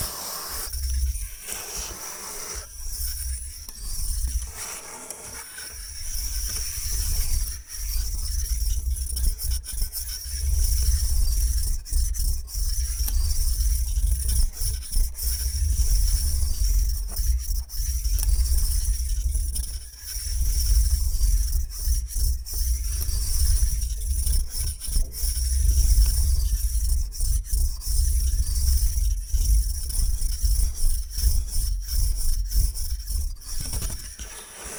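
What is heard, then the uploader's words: Bamboo is scratched and brushed in steady, dense strokes, with frequent short scraping bursts every second or so across the whole recording. A strong low rumble sits underneath throughout, and a thin bright hiss runs high above the close, rough rubbing. Bamboo Tapping, Scratching and Brushing Sounds.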